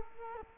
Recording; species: mosquito wingbeat signal from an infrared sensor; Culex quinquefasciatus